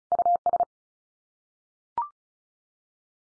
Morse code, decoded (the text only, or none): US